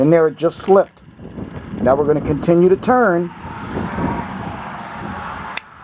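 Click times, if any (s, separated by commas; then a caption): 5.6 s. Someone talks while turning the black handle of a Lisle 18810 valve core torque tool on a seated tire valve core, with steady broadband noise underneath. A sharp click at 5.6 s marks the limiter releasing, showing the core has been set to 4 inch-pounds and the tool has reset.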